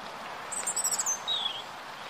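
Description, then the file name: European robin song: a single brief phrase of very high, thin, tinkling notes followed by a lower sliding whistle, over broad background noise. "Erithacus rubecula"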